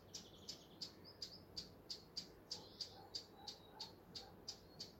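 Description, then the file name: Eurasian blackcap calls with sharp, dry tack notes, about three a second in a steady run, with faint high chirps between them. "Sylvia atricapilla"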